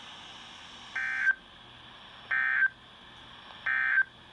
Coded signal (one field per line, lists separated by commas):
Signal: Emergency Alert System (SAME) tones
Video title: First weekly tests of October EAS# 324-326 10/7/20